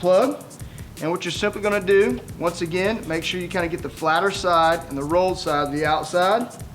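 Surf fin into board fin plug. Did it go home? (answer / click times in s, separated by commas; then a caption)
no / none. A surf fin with tabs is handled near the FCS regular tab fin plug in the board, which has two set screws in each plug, while someone talks over background music. Nothing has seated or clicked yet; the fin has not snapped into the plug by the end of the clip.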